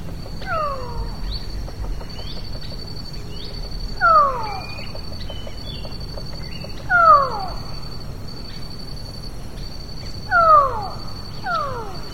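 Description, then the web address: Forest falcon calling with downward-slurred notes repeated every few seconds, over a steady high insect whine. "cantos halconmontes"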